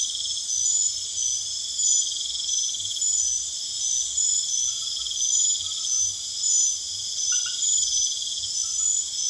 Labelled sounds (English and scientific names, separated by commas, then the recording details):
none
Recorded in secondary vegetation near Puerto Asís, Putumayo, Colombia, on 29 June 2025
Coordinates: 0.488, -76.319
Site G094